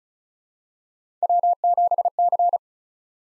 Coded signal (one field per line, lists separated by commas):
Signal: Morse code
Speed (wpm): 36 wpm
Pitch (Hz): 700 Hz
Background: none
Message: W7C